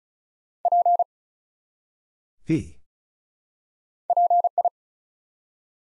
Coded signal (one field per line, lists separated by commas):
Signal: Morse code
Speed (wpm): 36 wpm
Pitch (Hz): 700 Hz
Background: none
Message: P PI